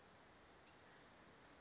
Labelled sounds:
California Towhee

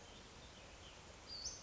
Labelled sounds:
Western Flycatcher

